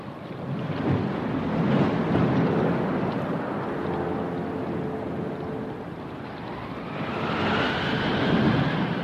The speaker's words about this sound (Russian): Море ревело сильнее и сильнее. Ветер уже просто бесновался. Дождь хлестал без перерыва.